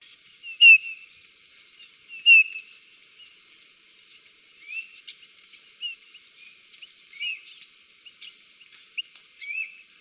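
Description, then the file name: Eurasian bullfinch calls: two louder short calls early on, followed by fainter chirps and twitters over background noise. "Pyrrhula pyrrhula"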